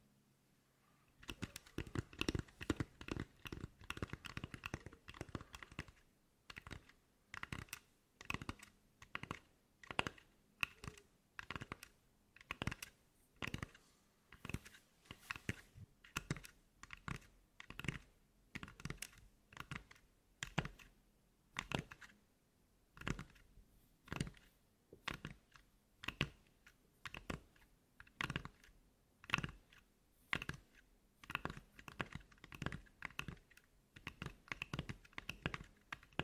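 Tapping on a hard surface comes in quick clustered bursts, much like typing on a keyboard. Short sharp clicks arrive in rapid runs separated by brief pauses, with a denser, heavier stretch in the first few seconds and steadier, evenly spaced clusters afterward.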